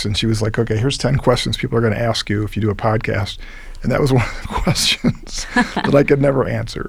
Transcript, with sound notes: She was like, okay, here's ten questions people are going to ask you if you do a podcast. That was one of the questions [LAUGHTER] that I could never answer.